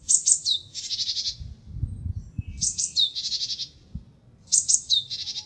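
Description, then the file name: Japanese tit calling: two thin high notes followed by a harsh buzzy chatter, the phrase given three times over a low background rumble. "sijukara"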